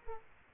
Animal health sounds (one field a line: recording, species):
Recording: mosquito wingbeat signal from an infrared sensor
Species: Aedes aegypti